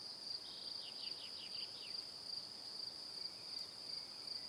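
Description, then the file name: Cricket: a continuous high shrill trill, joined early on by a run of short, quick, downward-sliding chirps. Crickets in the evening. "Calm - Evening Crickets"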